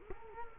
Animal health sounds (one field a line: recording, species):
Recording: mosquito wingbeat signal from an infrared sensor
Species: Culex quinquefasciatus